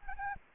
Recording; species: mosquito wingbeat signal from an infrared sensor; Anopheles arabiensis